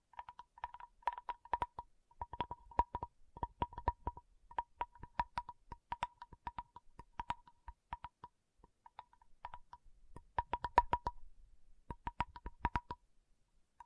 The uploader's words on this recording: ASMR 1 Hour Tapping Session (No Talking).